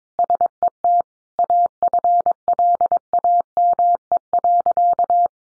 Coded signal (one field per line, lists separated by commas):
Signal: Morse code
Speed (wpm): 22 wpm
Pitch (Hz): 700 Hz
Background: none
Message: SET AFLAME.